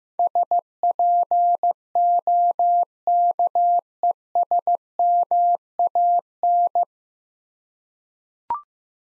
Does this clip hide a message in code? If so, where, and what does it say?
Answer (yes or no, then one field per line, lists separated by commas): yes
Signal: Morse code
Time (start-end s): 0.2-6.8 s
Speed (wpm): 15 wpm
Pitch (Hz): 700 Hz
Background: none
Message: SPOKESMAN